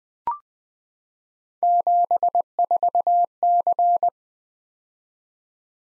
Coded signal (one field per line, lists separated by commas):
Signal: Morse code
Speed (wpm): 20 wpm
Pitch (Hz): 700 Hz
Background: none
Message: 74C